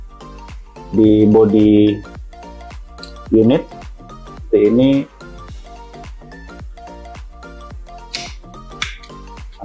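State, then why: Seated. The plastic cover of a copier drum unit, an IR 2006n, is fitted onto the unit body with its tabs lined up and pressed down, over background music while someone talks. It snaps into place with sharp clicks at 8.2 s and 8.8 s, seating the cover.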